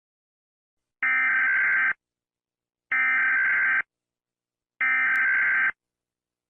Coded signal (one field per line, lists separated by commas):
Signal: Emergency Alert System (SAME) tones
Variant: header bursts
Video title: My second eas vid :D